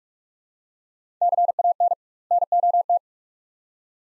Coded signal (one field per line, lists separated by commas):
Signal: Morse code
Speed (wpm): 41 wpm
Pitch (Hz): 700 Hz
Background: none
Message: CAN NOT